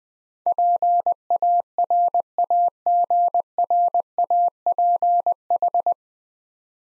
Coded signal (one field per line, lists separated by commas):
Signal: Morse code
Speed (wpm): 20 wpm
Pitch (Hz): 700 Hz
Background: none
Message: PARAGRAPH